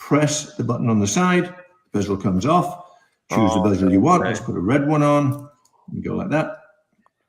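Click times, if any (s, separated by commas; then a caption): none. Someone talks while pressing the release button on the side of a watch case to remove its bezel, then chooses a red interchangeable bezel and begins pressing it onto the case. A faint, brief tap is heard near 7.1 s, but the clip ends before the part goes home, and nothing has seated or clicked into place yet.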